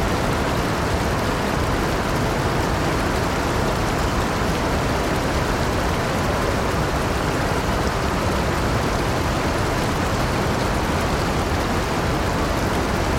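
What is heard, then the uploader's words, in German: A brook rushes in a steady, dense wash of water noise, heaviest and rumbling in the lows, unchanging throughout with no distinct events. Ein ruhiger, ländlicher Bach fließt sanft durch, sein rhythmisches Plätschern webt ein hypnotisches Muster. Sanftes Laub & Beruhigender Bach.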